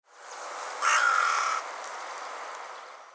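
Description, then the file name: Carrion crow call: one harsh, hoarse caw lasting under a second over steady background hiss. "Corvus corone"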